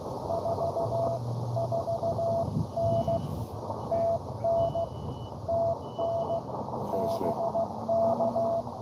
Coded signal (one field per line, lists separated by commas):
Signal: Morse code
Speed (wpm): 16 wpm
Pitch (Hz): 690 Hz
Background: radio noise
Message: 44N TN TN BK